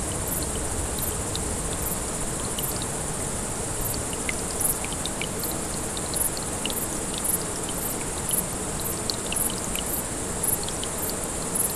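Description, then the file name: Grasshoppers give a regular run of quick high buzzes, about two per second at times, over a constantly trickling brook. Several grasshoppers beside a small brook, 6 August 2014, recorded on an MZ-N 710. "MZ-N 710 Ruisselet et sauterelles 6 08 14"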